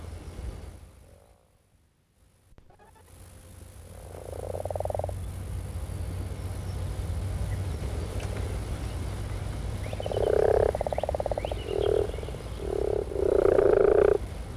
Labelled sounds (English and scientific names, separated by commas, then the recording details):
Common Frog (Rana temporaria) call
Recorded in the wild
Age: adult
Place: Berlin, OT Blankenfelde, Berlin, DE
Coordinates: 52.6167, 13.3833
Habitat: pond
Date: 1963-04-14 13:00
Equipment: Minifon, Kopie Smaragd
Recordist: Tembrock, Günter
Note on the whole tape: Teich im Schulgarten: Paare und Einzeltiere im Wasser, Abstand ca. 2 - 4 Meter. Gute Aufnahme, jedoch mit Knacken